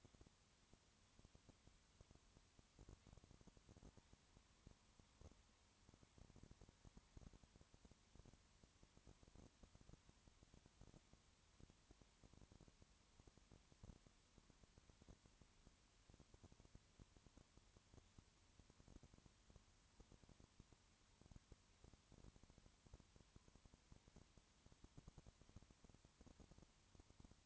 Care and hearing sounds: daily activity, microphone in the room; no activity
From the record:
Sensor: 3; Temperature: 20.5 degrees Celsius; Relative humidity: 34.6%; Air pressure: 1001.0 hPa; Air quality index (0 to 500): 195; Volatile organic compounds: 6 ppm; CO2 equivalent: 1853 ppm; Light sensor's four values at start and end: 2/3/2/2 and 2/3/2/2

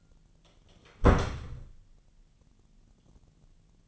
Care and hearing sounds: daily activity, microphone in the room; close door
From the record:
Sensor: 4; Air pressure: 999.3 hPa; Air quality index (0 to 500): 116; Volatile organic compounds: 2 ppm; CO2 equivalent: 1147 ppm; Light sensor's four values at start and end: 13/32/13/14 and 13/31/12/13

